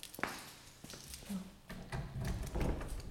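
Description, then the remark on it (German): Irregular metallic clicks, scrapes and rattles of keys being tried in the door locks of a plenary hall, fairly quiet over a low rumble, with a few sharper ticks scattered through. “Musst du probieren, welche Tür zu welchem Schlüssel.”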